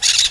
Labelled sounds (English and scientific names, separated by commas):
Brown-throated Parakeet (Eupsittula pertinax) contact call